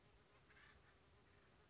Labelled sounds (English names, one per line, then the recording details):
Acorn Woodpecker
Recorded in Sonoma County, California